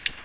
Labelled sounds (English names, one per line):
Ovenbird flight call